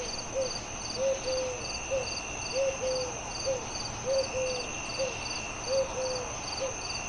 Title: 45 Minutes Of Dreamy Crickets, Singing Owls & Soft Nature Sounds On A Peaceful Summer Night